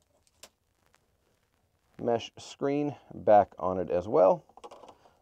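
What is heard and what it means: A mesh pre-filter screen is handled and lined up on the front of a RabbitAir Minus A3 air purifier before fitting. A few faint taps at 0.4 s and near 0.9 s come first, then someone talks, and a light tap sounds at 5.2 s. Nothing has seated or clicked yet.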